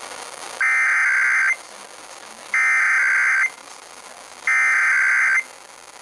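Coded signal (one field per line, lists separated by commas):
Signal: Emergency Alert System (SAME) tones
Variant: header bursts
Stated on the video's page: Ohio Required Monthly Test, civil authorities, relayed on two FM stations and two TV stations.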